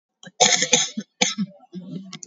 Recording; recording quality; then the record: heavy voluntary cough; excellent, no background noise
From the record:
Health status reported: COVID-19 positive, moderate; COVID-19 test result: positive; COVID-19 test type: RT-PCR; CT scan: taken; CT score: 9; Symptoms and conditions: cough, cold, fever, muscle pain, loss of smell and taste, diarrhoea, hypertension, diabetes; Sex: female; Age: 57 years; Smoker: no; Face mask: worn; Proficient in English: no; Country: India